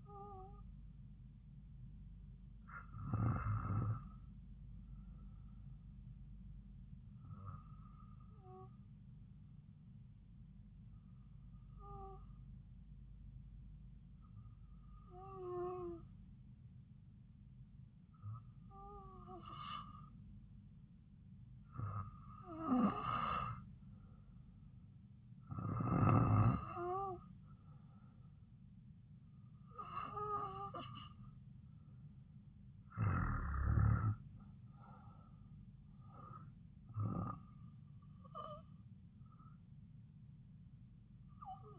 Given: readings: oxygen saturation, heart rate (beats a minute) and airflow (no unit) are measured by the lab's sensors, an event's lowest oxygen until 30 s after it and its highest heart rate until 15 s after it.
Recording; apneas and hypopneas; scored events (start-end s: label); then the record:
breathing in sleep by a smartphone at the bedside; 1
6.00-26.70 s: hypopnea (N2, oxygen 95% highest, then 92% lowest)
From the record:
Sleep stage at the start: N2 (light sleep); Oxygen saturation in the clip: 92 to 95%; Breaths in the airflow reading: 11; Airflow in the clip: -4.1 to 4.4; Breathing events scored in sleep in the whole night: 270 in 6.1 hours asleep